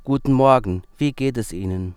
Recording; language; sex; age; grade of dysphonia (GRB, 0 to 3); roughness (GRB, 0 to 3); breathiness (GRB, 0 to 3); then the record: spoken sentence; German; male; 30 to 39 years; 0; 0; 0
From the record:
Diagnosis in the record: healthy voice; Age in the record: 37 years